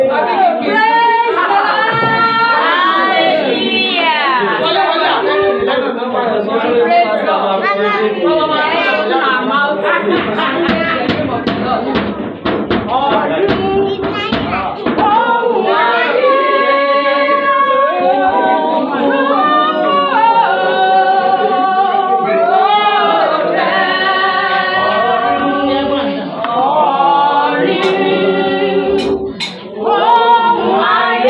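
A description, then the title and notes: Clapping with African drumming, under a thick, steady layer of sustained, pitched voice-like tones that shift and bend throughout. Rapid sharp claps crowd together between about 10 and 15 seconds, and a few bright, sharp hits stand out near the end. Praising God the Christ Apostolic Church way! We had this worker's praise meeting after work and it was all about clapping and bell and the African drumming way!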